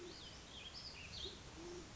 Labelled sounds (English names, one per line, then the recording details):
Band-tailed Pigeon
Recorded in Sonoma County, California